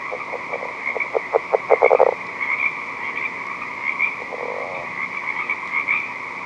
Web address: r draytonii sounds